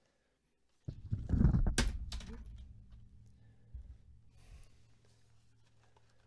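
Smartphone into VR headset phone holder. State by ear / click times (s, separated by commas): seated / 1.8 s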